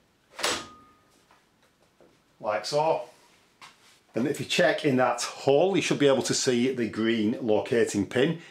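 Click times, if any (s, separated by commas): 0.4 s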